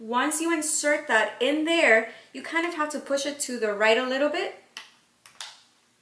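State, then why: Seated. Someone talks while inserting a Louis Vuitton handbag's closure tab into its clasp lock and pushing it slightly to the right. After a light tap at 4.8 s, the clasp clicks shut at 5.4 s, and the bag is closed.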